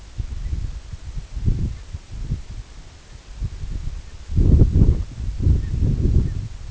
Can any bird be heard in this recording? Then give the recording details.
yes. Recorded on Arctic tundra, site EABA-1, on 24 June 2018. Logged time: 10:00